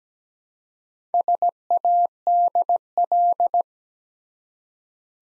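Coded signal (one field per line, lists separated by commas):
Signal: Morse code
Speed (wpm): 17 wpm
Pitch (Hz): 700 Hz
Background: none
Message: SADL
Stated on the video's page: Morse practice at 17 wpm building 3- to 5-letter words one letter at a time, for beginners working on instant character recognition.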